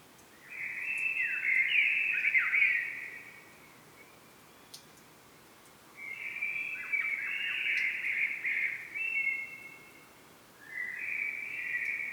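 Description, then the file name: Common blackbird song: three warbled phrases, mellow and fluty with rapid twittery ornaments, separated by pauses, the last cut off. "Turdus merula"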